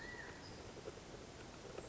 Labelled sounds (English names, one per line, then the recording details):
California Quail
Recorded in Sonoma County, California